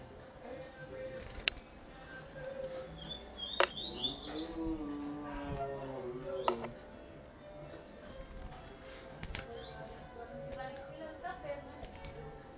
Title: Canto Coleiro